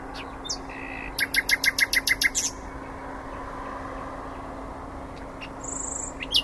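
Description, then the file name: Common nightingale song phrase: a short buzzy note, then a rapid string of about nine loud repeated chirps, followed by quiet and a faint high whistle. "Luscinia megarhynchos"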